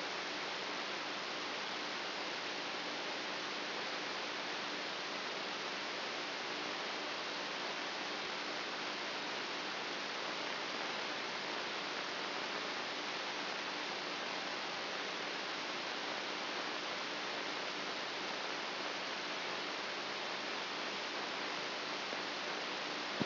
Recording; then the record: brain microelectrode recording played as sound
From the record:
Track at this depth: inside the subthalamic nucleus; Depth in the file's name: 4.64 mm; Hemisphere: right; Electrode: 2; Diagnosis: Parkinson's disease